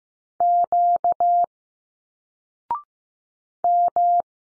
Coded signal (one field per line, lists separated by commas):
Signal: Morse code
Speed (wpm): 15 wpm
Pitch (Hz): 700 Hz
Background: none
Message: Q M